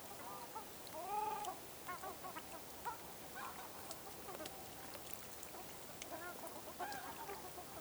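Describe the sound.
Ruddy shelduck honks, one loud drawn-out nasal call near the start, then scattered shorter honks.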